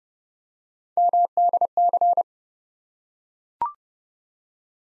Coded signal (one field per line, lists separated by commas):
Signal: Morse code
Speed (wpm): 30 wpm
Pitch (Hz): 700 Hz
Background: none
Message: MDC